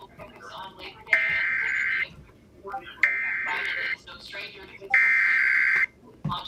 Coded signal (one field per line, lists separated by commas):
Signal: Emergency Alert System (SAME) tones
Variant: header bursts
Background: speech